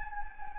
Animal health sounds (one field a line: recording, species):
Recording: mosquito wingbeat signal from an infrared sensor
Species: Anopheles gambiae